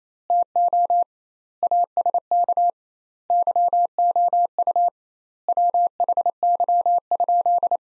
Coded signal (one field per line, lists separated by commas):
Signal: Morse code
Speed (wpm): 28 wpm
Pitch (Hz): 700 Hz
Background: none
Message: TO ASK YOU WHY?